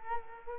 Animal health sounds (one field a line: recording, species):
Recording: mosquito wingbeat signal from an infrared sensor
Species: Culex quinquefasciatus